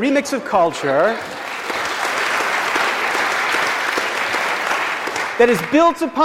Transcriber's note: applause